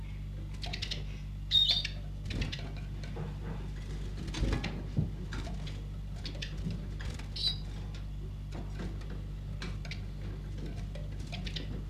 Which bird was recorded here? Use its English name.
Eurasian Siskin